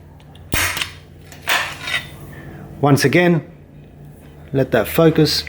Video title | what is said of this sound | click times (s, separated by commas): Best tool bag and basic tools for handyman contractor | hear the click once | 0.8 s